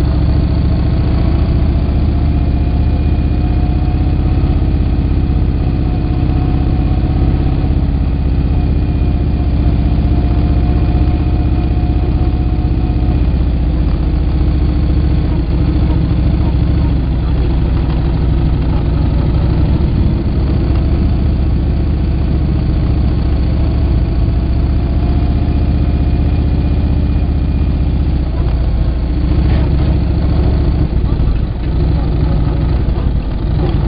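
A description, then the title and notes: A ride across Hoover Dam, heard as a steady, heavy vehicle rumble that stays loud and even for the whole stretch. Low engine drone dominates, with faint voices now and then and a few brief rattling bumps near the end. This is just a quick video taken while riding across Hoover Dam.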